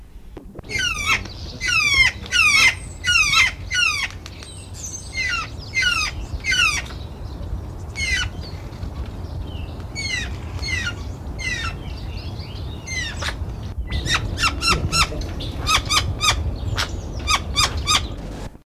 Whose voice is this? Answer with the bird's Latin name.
Nucifraga caryocatactes